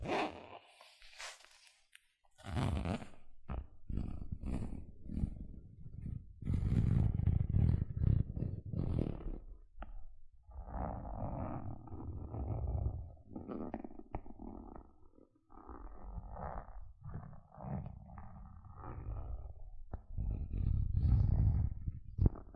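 Gentle scratching comes in dense, rumbling bursts with a low, gritty texture, broken by brief pauses near three, ten and sixteen seconds.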